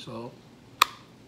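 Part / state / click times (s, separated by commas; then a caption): pistol into polymer trigger-guard holster / seated / 0.8 s. A pistol, a Ruger EC9s, is pushed into a Cytac Mini Guard polymer trigger-guard holster while someone talks briefly at the start. A single sharp, bright click sounds at 0.8 s as the retention engages and the pistol seats with a positive click that can be felt.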